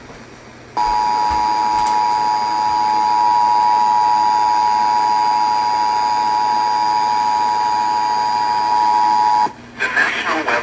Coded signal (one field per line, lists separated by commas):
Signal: Emergency Alert System (SAME) tones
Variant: 853 and 960 Hz attention tone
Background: speech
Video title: Hugh Jass Warnings... EAS Alerts from 6/24/19 (EAS #2,811 - 2,825)